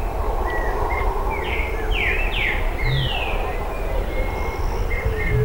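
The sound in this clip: Bird calls: a burst of descending swept whistles, then brief repeated chirps, set against continuous low rumbling noise.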